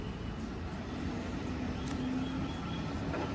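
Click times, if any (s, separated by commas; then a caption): none. A new oil filter element for a 2015 Jeep Wrangler is oiled and lined up with its plastic filter housing cap before being snapped in. Only a steady, low rumbling background hum with a faint tonal drone is heard throughout. Nothing has seated or clicked yet.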